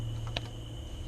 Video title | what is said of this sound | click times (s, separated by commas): Spark Plug and Ignition Wire Replacement 08 Chrysler Town & Country 3.8L | And here goes on the spark plug, and make sure it snaps into place also | 0.4 s